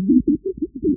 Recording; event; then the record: neck accelerometer signal played as sound; no cough (speech, laughter, throat clearing or background)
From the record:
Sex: female